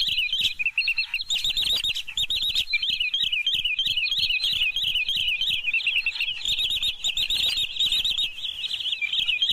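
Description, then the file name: Green sandpiper voice: busy, high, warbling notes repeated rapidly throughout. "tieng choat bung trang"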